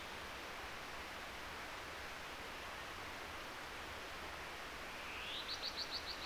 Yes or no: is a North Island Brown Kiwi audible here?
no